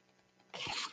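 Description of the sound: A quiet pause, then a sudden airy hiss with a soft low thud: a home ventilator delivering a breath.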